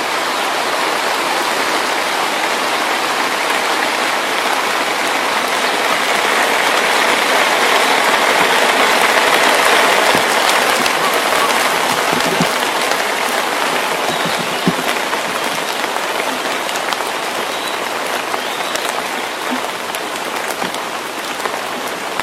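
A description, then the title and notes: Rain falls steadily in a forest, a dense hiss of countless drops with a brighter patter of individual drops tapping on surfaces. The downpour swells slightly around the middle, then holds even to the end, with scattered sharper drips standing out throughout. Rainy days in the forest in early summer.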